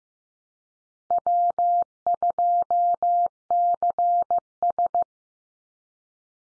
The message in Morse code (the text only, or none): W2CS